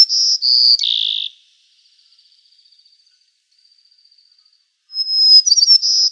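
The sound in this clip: White-crowned sparrow song: stepped whistled notes falling in pitch, a faint thin buzz, then a new phrase starting with a long high whistle and chattering notes.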